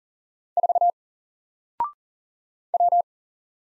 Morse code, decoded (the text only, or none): 4 W